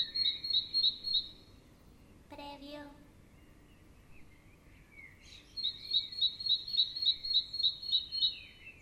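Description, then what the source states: Bird song with fast rhythmic trains of high chirps at start and end, and a short harmonic call followed by a quiet gap between them. Morning ambience.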